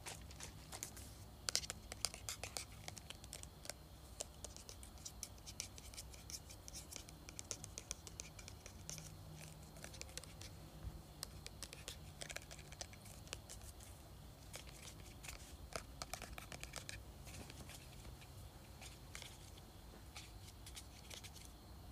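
A spray bottle is shaken, giving a dense, uneven run of sharp clicks and rattles that continues for the whole stretch without pause. A low, steady hum sits underneath, and the taps vary slightly in loudness throughout.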